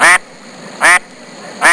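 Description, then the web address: Goose honking: three short, nasal, harmonic-rich honks, evenly spaced about every 0.8 seconds, with quiet gaps between. "Soundsation. Animals Goose"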